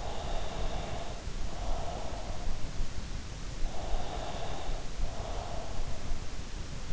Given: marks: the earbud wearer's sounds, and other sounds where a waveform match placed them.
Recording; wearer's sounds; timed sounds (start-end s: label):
sounds in sleep by an in-ear microphone; breath
0.04-2.67 s: breath
3.82-5.91 s: breath